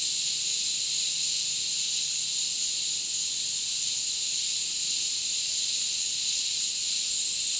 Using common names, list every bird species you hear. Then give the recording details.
none. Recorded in dense forest near Puerto Asís, Putumayo, Colombia, on 20 February 2024 at 08:00. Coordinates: 0.499, -76.324. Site G6469